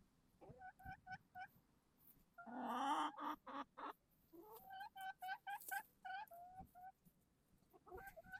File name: Chickens